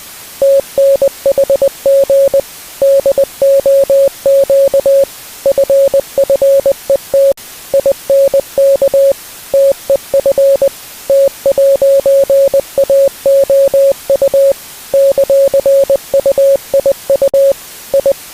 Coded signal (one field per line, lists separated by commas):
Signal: Morse code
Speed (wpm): 20 wpm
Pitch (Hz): 550 Hz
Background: music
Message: TNHG DOQ FFET INK TEF T'AOU ;UIU I